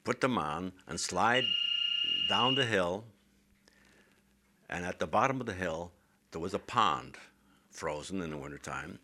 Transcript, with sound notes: put them on, and slide ( telephone rings ) down the hill. And at the bottom of the hill there was a pond, frozen in the wintertime.